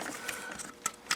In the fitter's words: yeah push it in in until it clicks